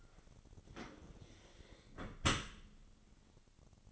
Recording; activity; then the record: daily activity, microphone in the room; close dishwasher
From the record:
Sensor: 4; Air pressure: 1003.9 hPa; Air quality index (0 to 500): 150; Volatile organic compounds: 2 ppm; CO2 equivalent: 1071 ppm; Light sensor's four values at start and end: 20/47/19/20 and 21/50/21/22